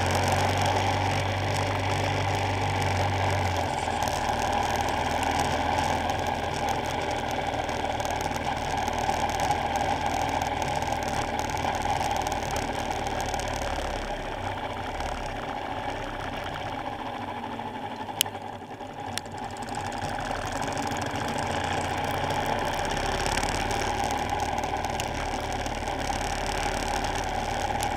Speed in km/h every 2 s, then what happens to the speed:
42, 44, 45, 44, 44, 42, 37, 27, 18, 19, 29, 32, 31, 32.
0-9 steady at about 44. 9-16 brakes to 18. 16-21 speeds up to 32. 21-28 steady at about 32.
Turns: 15-20.